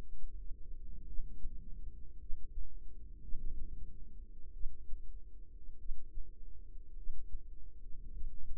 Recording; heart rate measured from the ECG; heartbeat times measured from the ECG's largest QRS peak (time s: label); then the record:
heart sounds by microphone in the right ear; 51 bpm
1.05 s: heartbeat
2.17 s: heartbeat
3.20 s: heartbeat
4.52 s: heartbeat
5.77 s: heartbeat
6.94 s: heartbeat
8.11 s: heartbeat
From the record:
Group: healthy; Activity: rest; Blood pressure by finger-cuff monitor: 91/56 mmHg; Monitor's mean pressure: 67 mmHg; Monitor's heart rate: 50 bpm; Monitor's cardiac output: 4.1 L/min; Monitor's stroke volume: 82 mL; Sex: female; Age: 36 years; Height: 163 cm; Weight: 88 kg